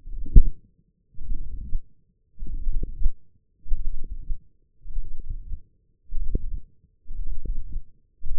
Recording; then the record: forearm muscle sounds (acoustic myography)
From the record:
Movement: forearm supination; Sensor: system 1, eight BSWA MPA416 microphones around the upper forearm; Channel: 8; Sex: male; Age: 21 years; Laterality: right